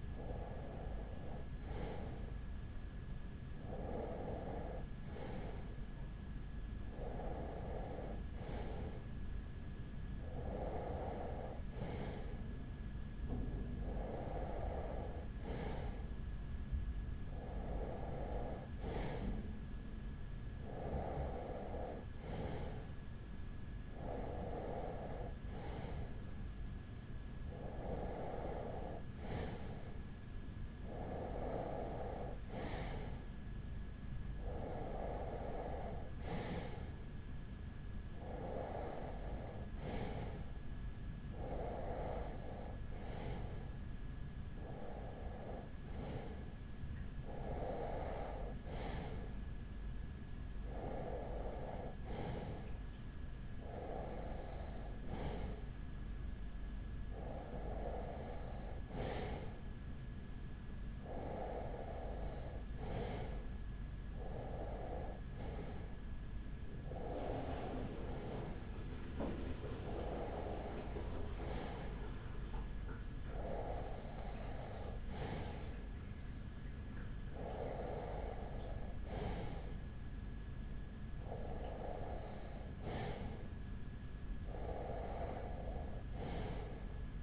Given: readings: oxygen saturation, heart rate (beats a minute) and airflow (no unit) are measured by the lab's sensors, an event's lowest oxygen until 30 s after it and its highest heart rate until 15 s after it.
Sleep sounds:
breathing in sleep by a smartphone at the bedside; none
none scored
From the record:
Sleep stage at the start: REM sleep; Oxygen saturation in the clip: 94 to 95%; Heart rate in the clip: 42 to 56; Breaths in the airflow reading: 26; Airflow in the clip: -5.4 to 4.2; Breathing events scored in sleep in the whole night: 207 in 7.6 hours asleep

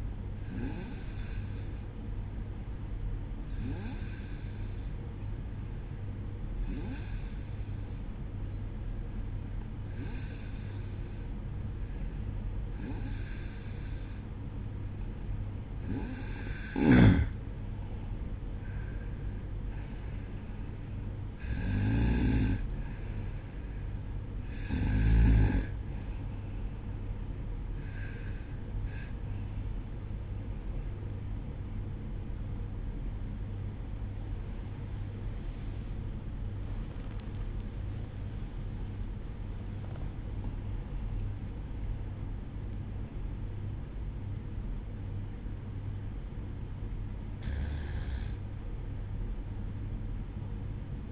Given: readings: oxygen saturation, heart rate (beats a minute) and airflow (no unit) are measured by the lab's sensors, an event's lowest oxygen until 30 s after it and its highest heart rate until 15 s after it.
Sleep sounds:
breathing in sleep by a smartphone at the bedside; none
31.00-51.12 s: new sleep stage, N1 (lightest sleep)
From the record:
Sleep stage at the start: N2 (light sleep); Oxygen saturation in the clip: 91 to 96%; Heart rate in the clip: 60 to 67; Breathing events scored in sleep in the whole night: 305 in 9.6 hours asleep

